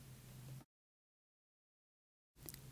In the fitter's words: other end will attach to the papper hood gently push it in and you'll hear a click -